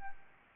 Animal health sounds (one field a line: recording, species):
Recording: mosquito wingbeat signal from an infrared sensor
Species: Anopheles arabiensis